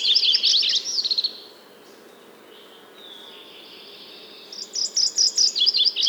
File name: Mac Gillivrays Warbler - Geothlypis tolmiei